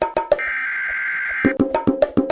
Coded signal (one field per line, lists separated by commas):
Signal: Emergency Alert System (SAME) tones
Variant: header bursts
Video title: Emergency Alert System